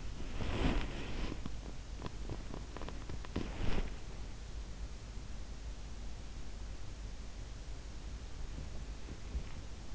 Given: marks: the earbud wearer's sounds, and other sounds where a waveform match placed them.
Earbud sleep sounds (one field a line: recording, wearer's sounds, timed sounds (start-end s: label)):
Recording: sounds in sleep by an in-ear microphone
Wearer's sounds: body movement, teeth grinding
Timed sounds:
0.00-4.72 s: body movement
1.29-3.56 s: teeth grinding
8.39-9.63 s: sound from someone else or the room